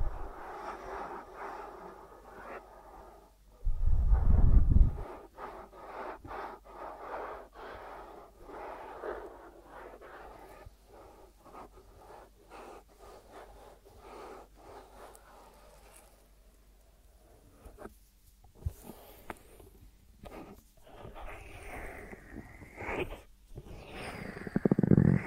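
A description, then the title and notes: ASMR ear treatment sounds: dense crackly rubbing and tapping, a deep thump near four seconds, then softer scratches and rising swishes near the end. ASMR 3D Brain Penetrating Ear Treatment.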